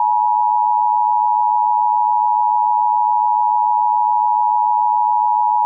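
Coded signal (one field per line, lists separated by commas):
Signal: Emergency Alert System (SAME) tones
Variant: 853 and 960 Hz attention tone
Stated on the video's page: Mock EAS alert with an AI-generated voice; fictional, not a real broadcast.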